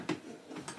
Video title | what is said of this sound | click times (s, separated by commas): Juicer Expert Tests $50 Centrifugal & $2500 Cold Press Juicers | drop this up and we're locked into place so that's very simple operation | 0.1 s, 0.7 s